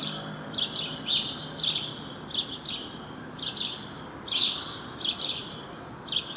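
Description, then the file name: House sparrow giving repeated bright, sharp chirps, often in pairs, against a soft constant hiss. "Passer domesticus"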